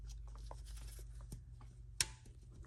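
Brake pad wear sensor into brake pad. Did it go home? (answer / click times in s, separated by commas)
yes / 2.0 s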